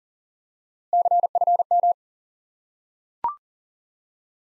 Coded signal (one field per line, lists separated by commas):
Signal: Morse code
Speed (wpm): 40 wpm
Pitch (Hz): 700 Hz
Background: none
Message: CFM